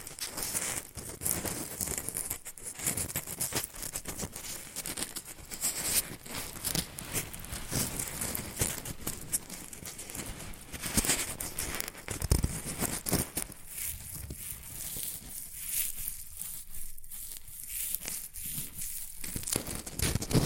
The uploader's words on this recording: ASMR Rustling and Crinkle Sounds.